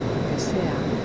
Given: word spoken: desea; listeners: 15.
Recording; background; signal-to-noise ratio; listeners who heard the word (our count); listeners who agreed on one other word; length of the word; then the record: one Spanish word in noise, from a listening test; speech-shaped noise; -5.7 dB; 5 of 15; 7 of 15; 0.66 s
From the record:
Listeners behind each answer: 7, 5, 2, 1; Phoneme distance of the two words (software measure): 14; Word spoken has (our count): 3 syllables, 5 phonemes, stress on syllable 2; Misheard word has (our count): 2 syllables, 3 phonemes, stress on syllable 1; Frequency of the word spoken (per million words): 37.71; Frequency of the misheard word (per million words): 451.76